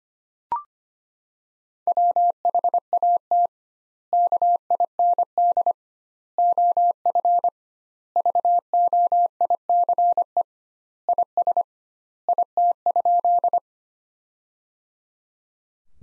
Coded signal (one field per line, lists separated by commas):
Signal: Morse code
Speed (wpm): 25 wpm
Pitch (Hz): 700 Hz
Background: none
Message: WHAT KIND OF VOICE IS IT?